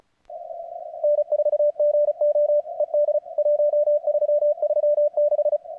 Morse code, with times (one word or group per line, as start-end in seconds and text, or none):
1.0-2.6 N4GO
2.8-3.2 ED
3.4-5.6 1336